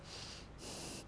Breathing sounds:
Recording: one breath in and out by a microphone near the nose and mouth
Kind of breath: strong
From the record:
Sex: male

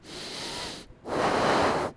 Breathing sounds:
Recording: one breath in and out by a microphone near the nose and mouth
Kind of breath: deep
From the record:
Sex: male

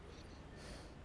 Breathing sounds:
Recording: one breath in and out by a microphone near the nose and mouth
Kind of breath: strong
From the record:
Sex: male

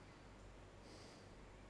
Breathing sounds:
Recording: one breath in and out by a microphone near the nose and mouth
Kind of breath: normal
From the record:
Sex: male

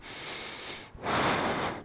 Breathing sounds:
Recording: one breath in and out by a microphone near the nose and mouth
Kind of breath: strong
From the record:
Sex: male

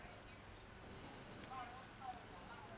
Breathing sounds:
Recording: one breath in and out by a microphone near the nose and mouth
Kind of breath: deep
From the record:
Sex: male

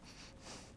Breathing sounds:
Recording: one breath in and out by a microphone near the nose and mouth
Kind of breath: strong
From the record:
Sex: male

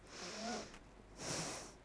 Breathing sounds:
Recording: one breath in and out by a microphone near the nose and mouth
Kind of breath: deep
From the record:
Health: marked as sick, illness not named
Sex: female

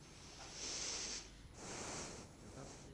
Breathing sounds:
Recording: one breath in and out by a microphone near the nose and mouth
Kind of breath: deep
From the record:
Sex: male

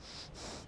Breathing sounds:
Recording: one breath in and out by a microphone near the nose and mouth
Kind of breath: strong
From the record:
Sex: male

